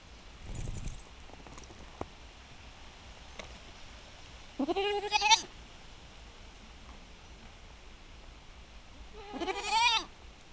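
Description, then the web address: Goat bleating: two wavering harmonic bleats about five seconds apart, with wind noise. Domestic goat in a farmyard, with bleats exchanged back and forth in the wind. "allathangok parasztudvar hazikecske kecske parbeszedaszelben"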